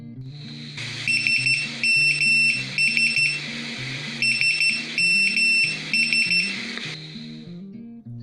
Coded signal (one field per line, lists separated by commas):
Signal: Morse code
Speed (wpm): 13 wpm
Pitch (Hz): 2700 Hz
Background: music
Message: SMS SMS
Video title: The full knowledge of Morse code and its uses in todays date